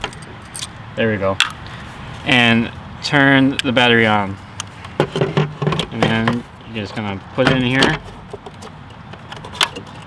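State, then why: Seated. Someone talks while a removable battery pack is slid into its mount on the frame of a Sondors Original e-bike, with rattling and handling sounds along the way. A sharp click at 9.6 s shows the battery has seated and is in and secure.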